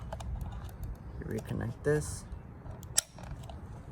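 Someone talks while reconnecting the fuel pump harness connector to the new fuel sending unit on a Celica. Faint ticks and handling noises lead up to one sharp, loud snap at 3.0 s, and the connector is seated.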